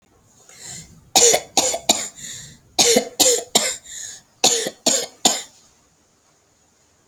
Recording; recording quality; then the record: shallow voluntary cough; excellent, no background noise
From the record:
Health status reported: healthy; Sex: female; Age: 60 years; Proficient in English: yes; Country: India